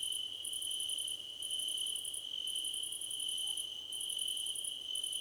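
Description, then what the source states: Crickets chirping, bright pulsed bursts of chirps repeating about once a second over a continuous high-pitched trill. Crickets in a choir competition.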